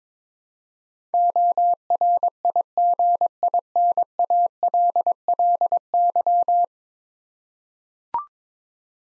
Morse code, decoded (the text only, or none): ORIGINALLY